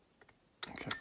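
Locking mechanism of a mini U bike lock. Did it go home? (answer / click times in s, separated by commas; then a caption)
released / 0.6 s, 0.9 s. An Oxford HD Mini disc detainer U bike lock is picked with a 3D printed tool while disc 4 is being worked, with faint light ticks early on. Sharp metallic clicks at 0.6 s and 0.9 s mark the locking mechanism clicking open, and the lock is released.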